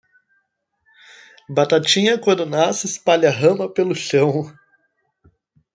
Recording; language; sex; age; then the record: short text; Brazilian Portuguese; male; 20 to 29 years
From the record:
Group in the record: control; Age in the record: 25 years